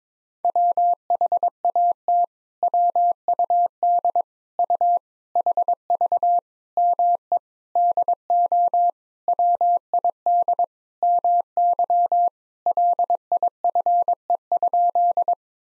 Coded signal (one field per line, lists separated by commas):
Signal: Morse code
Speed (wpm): 22 wpm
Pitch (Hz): 700 Hz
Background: none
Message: WHAT WUD U HV ME DO WID MY LIFE?